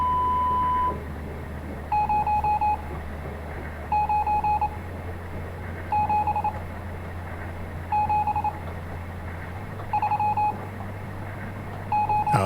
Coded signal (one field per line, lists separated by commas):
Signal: Morse code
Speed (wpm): 27 wpm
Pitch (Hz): 840 Hz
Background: none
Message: 0 9 7 7 3 O